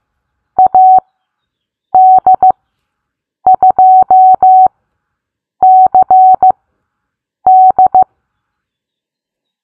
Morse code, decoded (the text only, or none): AD2CD